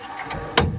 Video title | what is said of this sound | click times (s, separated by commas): BambuLab H2C Review - 3D Multicolor will never be the same... Right? | And every time I click one in, I heard a tiny sound like something inside the rack engage | 0.6 s